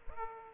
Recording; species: mosquito wingbeat signal from an infrared sensor; Aedes aegypti